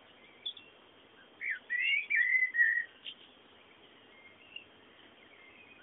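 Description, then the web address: Bird song: a short run of bright, sliding whistled notes, then only faint scattered chirps over a soft background hiss. "bullas Bullasdata sounds fondo pajaros"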